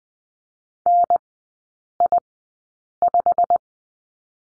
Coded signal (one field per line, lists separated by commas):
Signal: Morse code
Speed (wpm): 20 wpm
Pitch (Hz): 700 Hz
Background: none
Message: NI5